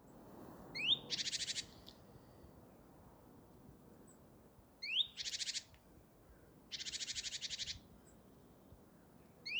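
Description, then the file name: Great tit calls: a short sharp rising note followed by a rapid buzzy churr, given twice with a quiet gap, then another churr and a final rising note. "Parus major"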